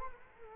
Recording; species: mosquito wingbeat signal from an infrared sensor; Culex quinquefasciatus